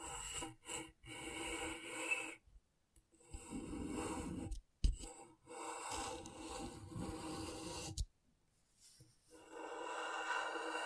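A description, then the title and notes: Scratchboard being worked: bursts of dry, raspy scratching stroked in segments, each lasting a second or two with brief silent gaps between. Strokes vary in pressure, some gritty and bright, others fuller and rougher, with a long pause near eight seconds before scratching resumes steadily. ASMR Brain Tingling Scratchboard (No Talking).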